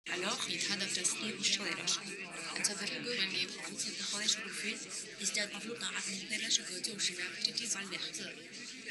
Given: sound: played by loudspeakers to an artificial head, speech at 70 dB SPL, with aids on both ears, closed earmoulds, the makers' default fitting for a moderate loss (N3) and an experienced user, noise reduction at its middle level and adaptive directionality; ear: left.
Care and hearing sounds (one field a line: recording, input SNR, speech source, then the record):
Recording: speech test signal (ISTS) in cocktail-party noise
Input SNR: 0 dB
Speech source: in front (0 degrees)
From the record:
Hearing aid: class 1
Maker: H